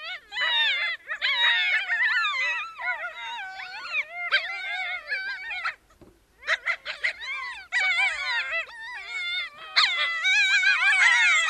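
Ethiopian wolf chorus of several overlapping wailing, yelping howls that bend up and down in pitch almost without pause, with one brief quiet gap midway.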